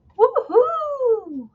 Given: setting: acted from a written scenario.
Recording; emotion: vocal sound without words; triumph